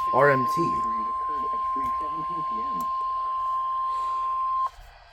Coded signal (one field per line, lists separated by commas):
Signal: Emergency Alert System (SAME) tones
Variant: 1050 Hz attention tone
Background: speech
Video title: Tornado Drills and A Test. | EAS Alerts from 3/11-12/25 | EAS#1,678-1,684